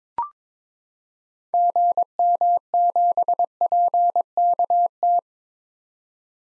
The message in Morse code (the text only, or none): GM7PKT